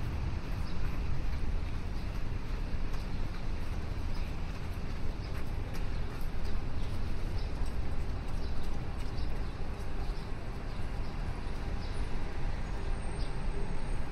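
Steady city noise on a morning walk along the river, a dense low rumble of traffic that barely changes level throughout. Faint clicks and brief brighter ticks come and go, with occasional hints of voices and a thin high tone near the end.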